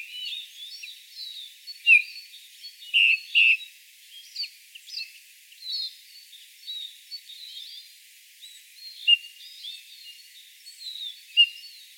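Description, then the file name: Eurasian bullfinch giving short, soft piping notes, a few scattered and a close pair near three seconds, over a busy background of higher chirping birds. "Pyrrhula pyrrhula"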